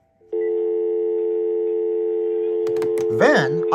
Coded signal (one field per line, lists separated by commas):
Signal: telephone call progress tone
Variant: North America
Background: speech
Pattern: dial tone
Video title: Regular Phones vs Hotel Phones